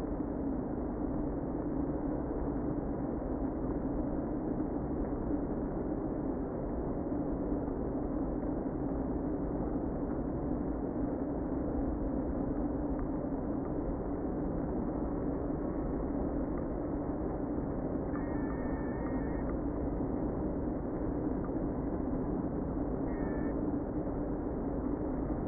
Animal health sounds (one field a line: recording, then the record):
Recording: honeybee colony, microphone inside the hive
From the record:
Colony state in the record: queen present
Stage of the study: before two queens were removed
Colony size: about 60,000 bees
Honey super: yes